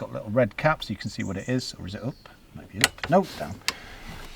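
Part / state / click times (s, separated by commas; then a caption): third-row seat back folding into its locked position in the car / not seated / none. Someone talks while handling the release, marked with small red caps, on the third-row seat back of a 2022 Dacia Jogger and moving it to fold the seat back down. Brief sharp handling knocks are heard among the talk, but the seat back has not latched or locked into place yet.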